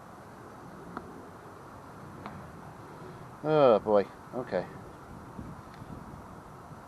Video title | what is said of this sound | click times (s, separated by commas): part 2 mtd yard machines push mower no compression, let's find out why #smallenginenation | that's all right it snaps back in there | 1.0 s, 2.3 s